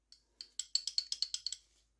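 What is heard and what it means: A Smith and Wesson M&P 2.0 pistol barrel is pushed into the slide, producing a quick series of sharp, bright metallic clicks from about 0.1 to 1.6 seconds. The loudest click at 0.8 seconds is where the barrel seats, and it ends up properly seated.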